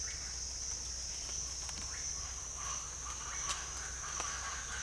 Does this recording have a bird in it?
no